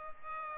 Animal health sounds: mosquito wingbeat signal from an infrared sensor; Culex pipiens

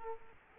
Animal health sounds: mosquito wingbeat signal from an infrared sensor; Culex quinquefasciatus

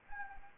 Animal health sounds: mosquito wingbeat signal from an infrared sensor; Anopheles gambiae

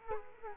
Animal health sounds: mosquito wingbeat signal from an infrared sensor; Culex quinquefasciatus

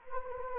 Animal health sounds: mosquito wingbeat signal from an infrared sensor; Anopheles gambiae

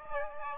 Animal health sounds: mosquito wingbeat signal from an infrared sensor; Aedes aegypti

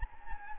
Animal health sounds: mosquito wingbeat signal from an infrared sensor; Anopheles gambiae

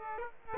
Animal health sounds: mosquito wingbeat signal from an infrared sensor; Aedes aegypti

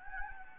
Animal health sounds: mosquito wingbeat signal from an infrared sensor; Anopheles gambiae

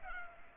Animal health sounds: mosquito wingbeat signal from an infrared sensor; Culex pipiens

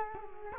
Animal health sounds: mosquito wingbeat signal from an infrared sensor; Culex quinquefasciatus

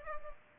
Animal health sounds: mosquito wingbeat signal from an infrared sensor; Culex pipiens

